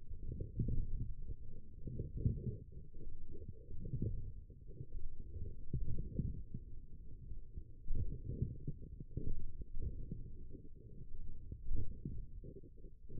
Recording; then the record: forearm muscle sounds (acoustic myography)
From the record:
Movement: forearm supination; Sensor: system 1, eight BSWA MPA416 microphones around the upper forearm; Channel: 7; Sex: male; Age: 20 years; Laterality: left